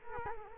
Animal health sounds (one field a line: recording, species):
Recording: mosquito wingbeat signal from an infrared sensor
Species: Culex quinquefasciatus